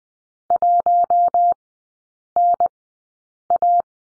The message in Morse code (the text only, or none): 1NA